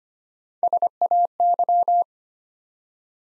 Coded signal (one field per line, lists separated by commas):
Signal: Morse code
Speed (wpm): 25 wpm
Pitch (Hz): 700 Hz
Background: none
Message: SAY